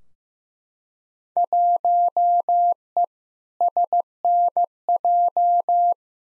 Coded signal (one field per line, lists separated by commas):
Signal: Morse code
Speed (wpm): 15 wpm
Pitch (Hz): 700 Hz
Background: none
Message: 1E SNJ